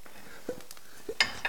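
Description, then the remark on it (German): A frying pan that had held bratwurst being wiped out: soft, uneven scraping and rubbing strokes against metal, with a brighter clink of cookware near the end, all fairly quiet. “Ist die Pfanne gut ausgewischt?”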